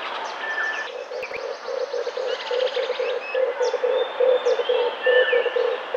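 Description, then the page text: Red collared dove giving a low, rapidly pulsed rolling coo through most, with scattered chirps and whistles of other birds above it. "Red Collared Dove Song. Quick Sounds"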